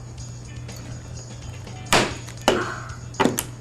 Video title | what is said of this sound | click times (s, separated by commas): Good Enough Gaming System Part A NCIX Tech Tips #4 | there we go till you hear a click | 2.5 s